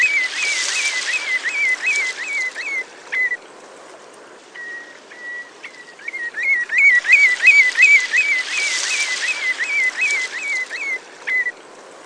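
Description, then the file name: Common redshank calling in fast runs of clear whistled notes near one pitch, each slightly inflected, with a short pause before the rapid series starts again. "Pettegola"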